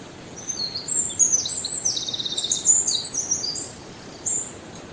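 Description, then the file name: Eurasian wren song, piercing and rapid, with twittering notes running into a buzzy trill mid-way, then a pause and one last short note. "Troglodytes troglodytes"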